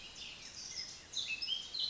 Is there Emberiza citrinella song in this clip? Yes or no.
no